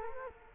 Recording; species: mosquito wingbeat signal from an infrared sensor; Culex quinquefasciatus